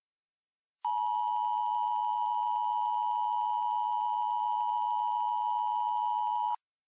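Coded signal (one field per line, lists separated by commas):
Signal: Emergency Alert System (SAME) tones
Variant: 853 and 960 Hz attention tone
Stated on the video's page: Mock EAS alert, not a real one.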